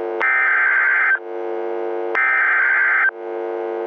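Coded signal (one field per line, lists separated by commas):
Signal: Emergency Alert System (SAME) tones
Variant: header bursts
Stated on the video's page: Fictional alert scenario, simulated with a siren pack.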